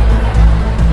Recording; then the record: background sound without coughing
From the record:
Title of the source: Party Noise 1 Hour Party Ambience